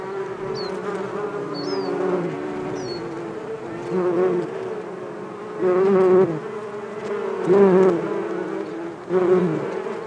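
Bees buzzing in a steady layered drone that swells louder several times, with a few brief high chirps early on.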